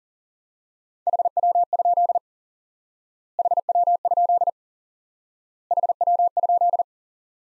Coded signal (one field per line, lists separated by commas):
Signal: Morse code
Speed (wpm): 38 wpm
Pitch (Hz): 700 Hz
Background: none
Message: HW? HW? HW?